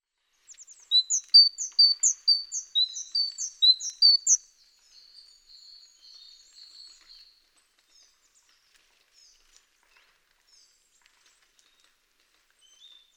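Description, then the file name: Great tit song with quick two-note phrases, high and lower notes alternating for about four seconds, then fainter similar notes trailing off into quiet. "Parus major"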